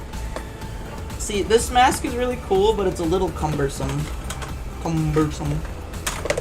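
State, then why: Seated. A detachable piece of a costume mask is pushed onto the mask by hand while someone talks over background music. It snaps home with sharp clicks at about 6.1 and 6.3 seconds, seating the piece in place on the mask.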